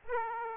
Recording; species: mosquito wingbeat signal from an infrared sensor; Aedes aegypti